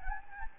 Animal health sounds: mosquito wingbeat signal from an infrared sensor; Anopheles gambiae

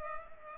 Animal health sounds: mosquito wingbeat signal from an infrared sensor; Culex pipiens

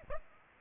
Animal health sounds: mosquito wingbeat signal from an infrared sensor; Aedes aegypti

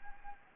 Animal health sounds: mosquito wingbeat signal from an infrared sensor; Anopheles arabiensis

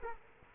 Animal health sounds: mosquito wingbeat signal from an infrared sensor; Culex quinquefasciatus

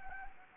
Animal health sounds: mosquito wingbeat signal from an infrared sensor; Anopheles gambiae

